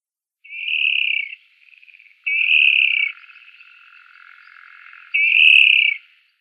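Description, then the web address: Water rail display call: three drawn-out, buzzy notes, each nearly a second long, separated by quieter grating, rattling sounds. "Schulze Peter Water Rail display"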